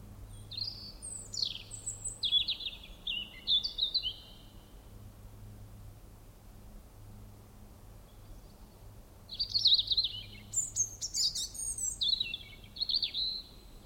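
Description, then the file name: European robin singing two high, liquid warbling phrases separated by a pause of several seconds, with faint low background hum. "Erithacus rubecula"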